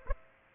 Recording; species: mosquito wingbeat signal from an infrared sensor; Aedes aegypti